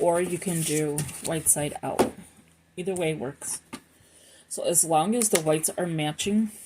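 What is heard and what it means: Someone talks while handling two white-sided plastic binding pieces for a half letter size DIY notebook, matching them white to white before pressing one into the other in one direction. Only speech and faint handling sounds are heard. Nothing has seated or snapped together yet.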